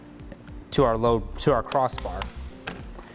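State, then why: Torque reached. Someone talks while a torque-limiting tightening tool tightens the bolt that secures the tower of a Yakima RidgeLine roof rack for flush rails to its crossbar on a 2018 Honda Accord. The tool gives two sharp audible clicks at 2.7 s and 3.0 s, showing the bolt is tight enough and keeping it from being overtightened.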